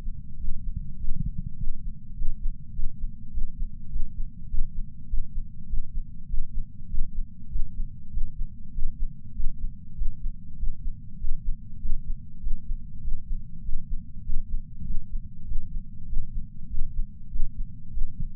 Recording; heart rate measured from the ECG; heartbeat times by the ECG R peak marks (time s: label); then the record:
heart sounds by patch sensor on the chest; 99 bpm
0.37 s: heartbeat
0.97 s: heartbeat
1.56 s: heartbeat
2.14 s: heartbeat
2.72 s: heartbeat
3.30 s: heartbeat
3.88 s: heartbeat
4.47 s: heartbeat
5.06 s: heartbeat
5.66 s: heartbeat
6.26 s: heartbeat
6.87 s: heartbeat
7.48 s: heartbeat
8.10 s: heartbeat
8.71 s: heartbeat
9.33 s: heartbeat
9.94 s: heartbeat
10.56 s: heartbeat
11.17 s: heartbeat
11.78 s: heartbeat
12.39 s: heartbeat
13.00 s: heartbeat
13.61 s: heartbeat
14.22 s: heartbeat
14.83 s: heartbeat
15.44 s: heartbeat
16.06 s: heartbeat
16.67 s: heartbeat
17.29 s: heartbeat
17.90 s: heartbeat
From the record:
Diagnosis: coronary artery disease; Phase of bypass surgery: preoperative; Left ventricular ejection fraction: 69.2%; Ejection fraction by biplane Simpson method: 67.6%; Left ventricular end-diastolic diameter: 44 mm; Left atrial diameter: 34 mm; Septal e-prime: 8.5 cm/s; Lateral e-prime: 9.7 cm/s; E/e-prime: 11.5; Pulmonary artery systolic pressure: 27 mmHg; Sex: male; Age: 74 years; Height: 168 cm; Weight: 55 kg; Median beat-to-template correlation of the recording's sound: 0.94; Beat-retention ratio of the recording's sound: 0.99